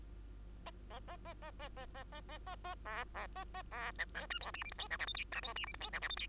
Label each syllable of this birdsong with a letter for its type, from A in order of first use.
A A A A A A A A A A A A B B A A B C D E F G H I J K L M N E F G H I J K L M N